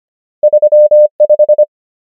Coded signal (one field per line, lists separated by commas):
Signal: Morse code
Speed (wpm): 25 wpm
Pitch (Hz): 600 Hz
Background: none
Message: 3 5